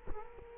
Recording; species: mosquito wingbeat signal from an infrared sensor; Culex quinquefasciatus